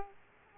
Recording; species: mosquito wingbeat signal from an infrared sensor; Aedes aegypti